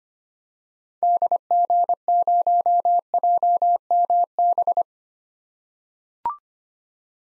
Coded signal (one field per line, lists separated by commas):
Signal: Morse code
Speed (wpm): 25 wpm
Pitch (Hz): 700 Hz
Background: none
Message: DG0JMB